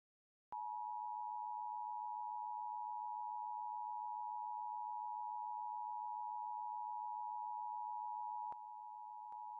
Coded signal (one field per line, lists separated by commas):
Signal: Emergency Alert System (SAME) tones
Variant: 853 and 960 Hz attention tone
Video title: (EXTREMELY RARE!!!!) EAS #2,338 - #2,339: 2 LOCAL AREA EMERGENCY ALERTS FOR MADISON COUNTY NEBRASKA!